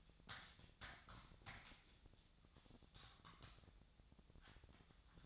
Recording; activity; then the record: daily activity, microphone in the room; typing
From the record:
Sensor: 3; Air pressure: 999.2 hPa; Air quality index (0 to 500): 206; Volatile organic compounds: 55 ppm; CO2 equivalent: 3362 ppm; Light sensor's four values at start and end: 8/20/7/8 and 8/20/7/8